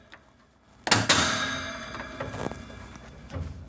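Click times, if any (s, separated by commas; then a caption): 0.9 s. With the locking clip placed over the bottom rod of a soft-close pull-out larder basket, the basket assembly is pushed firmly backwards onto the larder frame, and the clip clicks home at 0.9 s with a sharp, short hit. A second loud knock follows at about 1.1 s and rings out slowly, with fainter knocks near 2.5 s and 3.4 s. The clip is seated.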